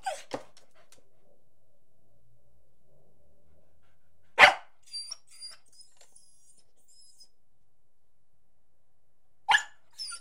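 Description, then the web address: Beagle barking, a few sharp isolated barks spaced several seconds apart, with a thin high whine in between. Beagle barking, whining and jumping. "The BBC Sound Effects Library (Animals Birds) Beagle barking, whining, and jumping"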